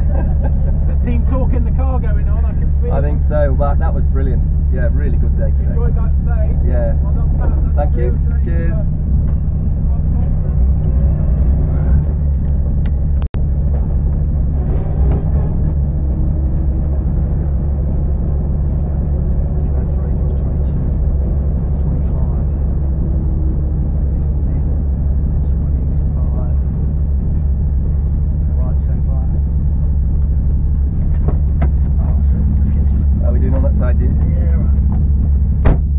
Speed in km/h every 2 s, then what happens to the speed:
0, 0, 0, 0, 0, 0, 16, 24, 31, 34, 34, 32, 27, 19, 13, 8, 0, 0.
0-11 standing. 11-17 pulls away to 34. 17-22 steady at about 34. 22-32 slows to 0. 32-36 standing.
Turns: none.